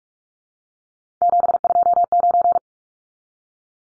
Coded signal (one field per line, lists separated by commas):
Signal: Morse code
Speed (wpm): 44 wpm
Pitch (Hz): 700 Hz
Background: none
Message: 729